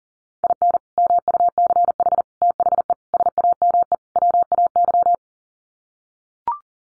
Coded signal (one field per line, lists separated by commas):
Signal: Morse code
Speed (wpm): 40 wpm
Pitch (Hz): 700 Hz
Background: none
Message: IN MUCH THE SAME WAY